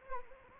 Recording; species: mosquito wingbeat signal from an infrared sensor; Anopheles arabiensis